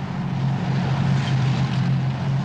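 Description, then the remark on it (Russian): A column of tanks drives through a forest and out onto a clearing, their engines a steady, heavy drone with a deep humming rumble underneath and a hissy mechanical roar on top, continuous and loud throughout. “Колонна танка выезжает на поляну.”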